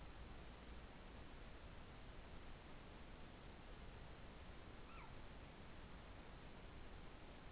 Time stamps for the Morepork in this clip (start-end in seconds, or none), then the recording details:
4.72-5.20. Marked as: faintness 4/5. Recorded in New Zealand. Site Taranaki